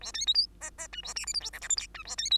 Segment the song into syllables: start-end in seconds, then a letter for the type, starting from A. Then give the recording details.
0.01-0.12 A, 0.14-0.26 B, 0.26-0.34 C, 0.34-0.46 D, 0.61-0.70 E, 0.78-0.88 E, 0.92-1.01 F, 1.03-1.14 A, 1.15-1.25 G, 1.26-1.33 H, 1.34-1.40 I, 1.40-1.51 J, 1.52-1.60 K, 1.61-1.68 L, 1.69-1.76 M, 1.77-1.87 N, 1.94-2.04 F, 2.05-2.16 A, 2.17-2.30 B, 2.31-2.38 C. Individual Bird2